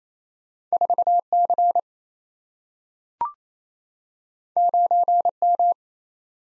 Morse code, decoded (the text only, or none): 4C 9M